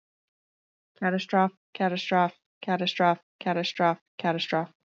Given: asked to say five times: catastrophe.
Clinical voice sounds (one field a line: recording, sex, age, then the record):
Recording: repeated word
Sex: female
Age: 30 to 39 years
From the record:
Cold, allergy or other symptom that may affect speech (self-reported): no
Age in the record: 33 years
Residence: Colorado, United States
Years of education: 12